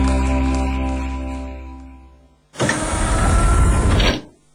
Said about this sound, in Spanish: Por un segundo te sacas los auriculares. El sonido se mezcla con el ruido exterior. Voces, motores, bocinas.